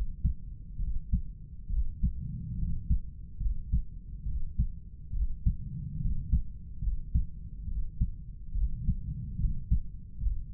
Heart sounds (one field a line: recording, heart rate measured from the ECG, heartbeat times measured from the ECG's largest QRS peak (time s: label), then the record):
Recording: heart sounds by stethoscope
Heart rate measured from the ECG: 70 bpm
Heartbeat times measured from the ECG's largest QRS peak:
0.80 s: heartbeat
1.71 s: heartbeat
2.59 s: heartbeat
3.41 s: heartbeat
4.27 s: heartbeat
5.14 s: heartbeat
6.01 s: heartbeat
6.83 s: heartbeat
7.68 s: heartbeat
8.55 s: heartbeat
9.40 s: heartbeat
10.22 s: heartbeat
From the record:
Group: healthy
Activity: rest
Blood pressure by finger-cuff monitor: 138/90 mmHg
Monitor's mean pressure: 103 mmHg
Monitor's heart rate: 70 bpm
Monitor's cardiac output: 7.3 L/min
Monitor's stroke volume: 105 mL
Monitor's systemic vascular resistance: 1040 dyn s/cm5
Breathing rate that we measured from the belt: 18 breaths a minute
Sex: male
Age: 30 years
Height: 188 cm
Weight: 110.2 kg